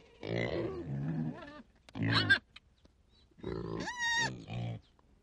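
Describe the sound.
Pig squeals and grunts: harsh grunting bursts, then a high, piercing squeal that rises and holds near the end before dropping back into grunts.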